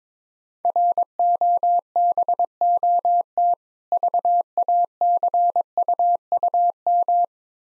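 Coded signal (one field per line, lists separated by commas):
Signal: Morse code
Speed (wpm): 22 wpm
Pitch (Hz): 700 Hz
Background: none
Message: ROBOT VACUUM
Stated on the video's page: Morse code practice of difficult words with contextual hints at 17 wpm.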